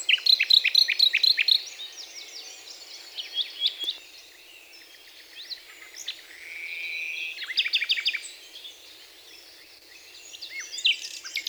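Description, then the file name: Common nightingale singing a quick string of piping repeated notes, then scattered chirps, a long sustained whistle and a dry rattling phrase, with soft hiss throughout. "Luscinia megarhynchos"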